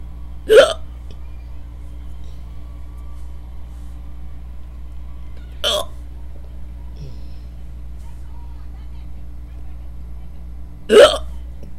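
An adult with induced hiccups, hiccupping.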